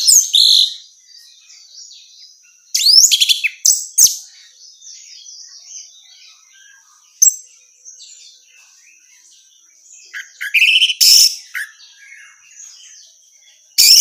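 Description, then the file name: Orange-headed thrush gives scattered high chirps and whistled fragments, with a few louder bursts and long quieter stretches, over a steady high tone. Female. "suara burung anis merah betina"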